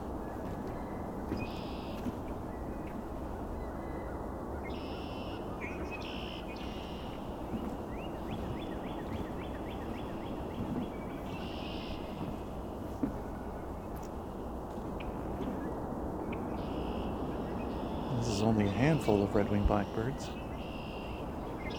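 Red-winged Blackbirds and other birds call in short, bright bursts over a steady low rumble, with a louder, busier stretch near the end.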